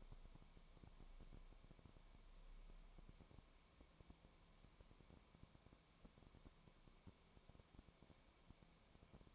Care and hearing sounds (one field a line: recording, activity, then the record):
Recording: daily activity, microphone in the room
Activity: no activity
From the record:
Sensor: 1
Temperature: 19.1 degrees Celsius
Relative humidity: 34.0%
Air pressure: 1001.3 hPa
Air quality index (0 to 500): 82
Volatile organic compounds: 1 ppm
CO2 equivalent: 818 ppm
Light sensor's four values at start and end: 1/2/1/1 and 1/2/1/1